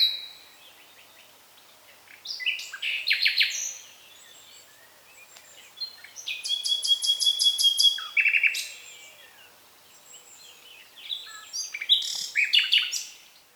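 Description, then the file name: Common nightingale song: three rich phrases separated by pauses, mixing whistled notes with fast, buzzy repeated trills, the middle phrase a rapid machine-gun series of high notes. "Luscinia megarhynchos"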